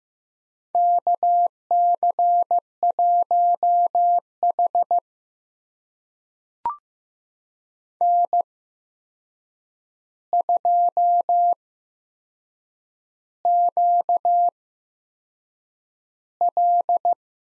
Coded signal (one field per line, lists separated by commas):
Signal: Morse code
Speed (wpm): 15 wpm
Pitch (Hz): 700 Hz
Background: none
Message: KC1H N2QL